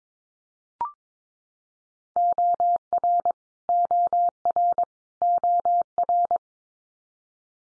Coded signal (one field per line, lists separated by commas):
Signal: Morse code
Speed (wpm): 22 wpm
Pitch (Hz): 700 Hz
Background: none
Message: OR OR OR